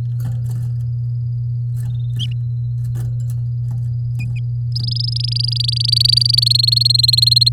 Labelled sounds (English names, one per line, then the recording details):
Domestic Canary song
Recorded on 7 May 2018 at 10:04
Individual llb16